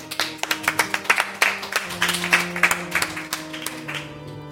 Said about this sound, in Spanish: Ahí tiene usted su premio. Un aplauso, por favor.